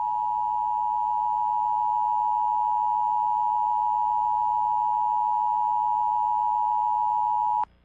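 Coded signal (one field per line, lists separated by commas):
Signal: Emergency Alert System (SAME) tones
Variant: 853 and 960 Hz attention tone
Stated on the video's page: Fictional EAS scenario, not a real alert.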